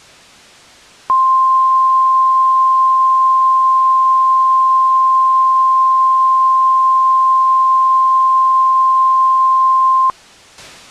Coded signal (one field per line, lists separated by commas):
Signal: Emergency Alert System (SAME) tones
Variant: 1050 Hz attention tone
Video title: Nature's Revenge - An EAS Scenario